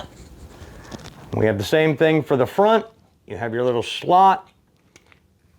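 A front plastic bicycle reflector is handled and lined up with the slot in its bracket while someone talks. A few faint ticks and rustles come near the end. Nothing has seated or clicked yet.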